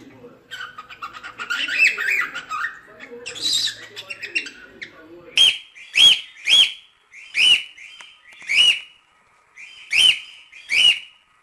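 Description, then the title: Cockatiel chatter at first, then a steady run of short arched whistles, some in pairs, about once a second. Several cockatiels, whistling. "Calopsitas Cantando Assobio"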